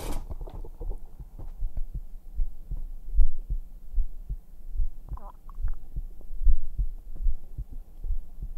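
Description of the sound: Soft, deep thumps repeat steadily, muffled and close: an adult heartbeat heard through bare skin, picked up by a black 3Dio microphone pressed against the chest. A brief faint mouth or voice sound passes at about five seconds over a low background hum.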